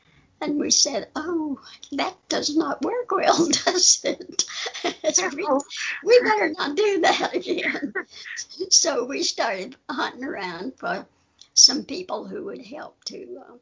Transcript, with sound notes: And we said, “Oh, well that does not work well, does it? We better not do that again.” (laughter) So, we started hunting around for some people that would help to